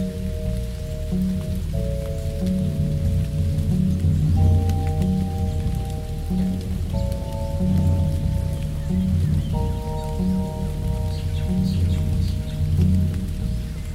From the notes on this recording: soft Exotica mix coupled with jungle birds and gentle rain and thunder